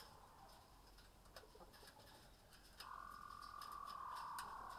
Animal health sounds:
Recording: poultry house recording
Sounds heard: healthy chickens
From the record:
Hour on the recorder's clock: 19

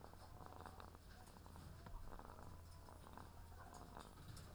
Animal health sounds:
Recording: poultry house recording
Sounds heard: sick chickens (respiratory disease)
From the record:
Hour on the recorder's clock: 17

